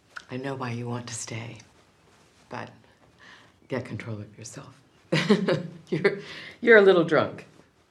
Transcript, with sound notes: I know why you want to stay, but get control of yourself (laughter). You're a little drunk.